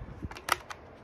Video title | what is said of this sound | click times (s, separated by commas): Vax Mach Air Stretch vacuum cleaner REVIEW - I am OBSESSED!!! [Better than Dyson & Shark?] | locks into place pop it onto your bin it's really easy you can't mess this up | 0.5 s